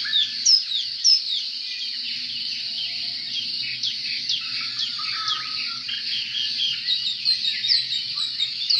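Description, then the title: Oriental magpie-robin singing a fast, busy stream of high chirps and sharp whistles, steady and unbroken, with a faint low hum underneath. "Kicau Kacer"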